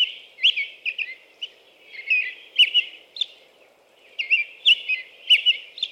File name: American Robin